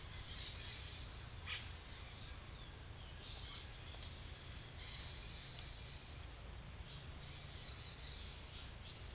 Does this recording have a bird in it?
yes